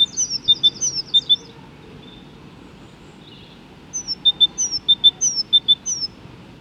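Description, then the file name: Great tit repeating high, ringing two-note phrases in a rapid bout, a short pause, then another steady series of the same phrases over light background noise. "Great Tit (Parus major)"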